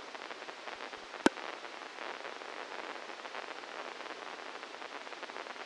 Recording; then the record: brain microelectrode recording played as sound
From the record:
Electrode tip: inside the subthalamic nucleus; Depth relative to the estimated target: -1 mm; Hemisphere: left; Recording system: NeuroSet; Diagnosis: Parkinson's disease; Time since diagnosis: 12 years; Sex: male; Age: 61 years